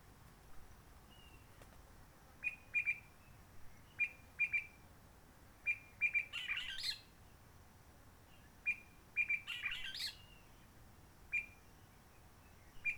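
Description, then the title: Réunion bulbul calls: sharp short whistled notes given singly or in pairs, with two chattering bursts near seven and ten seconds. Roche Merveilleuse forest, Réunion; quiet since the 19 March 2020 lockdown, no hikers, microlights or helicopters; sunny blue sky; birds not very active; sings simpler short phrases, adapted to past noise pollution. "Roche Merveilleuse, Réunion - Merle de lîle de la Réunion."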